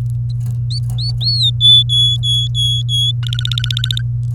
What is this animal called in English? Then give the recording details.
Domestic Canary. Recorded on 24 April 2018 at 06:32. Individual llb3